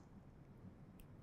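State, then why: Seated. A figure-eight safety catch on a hinged gold diamond bangle bracelet is closed, and it clicks shut at 1.0 s with a short, bright snap. Low background rumble fills the rest of the clip, and the catch is seated in place.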